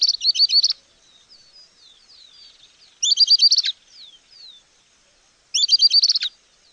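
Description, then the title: Southern beardless tyrannulet giving bright, rapid twittering bursts of high notes, repeated about every two and a half to three seconds, with faint thin whistles between. Nominate subspecies Camptostoma obsoletum obsoletum. "LuckyPassaro Completos2Sama. Southern Beardless Tyrannulet (Camptostoma obsoletum obsoletum)"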